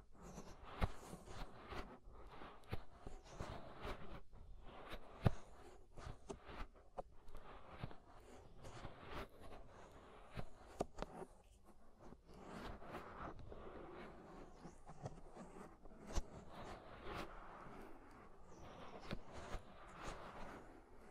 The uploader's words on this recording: Inner and Outer Ear Scraping (No Talking).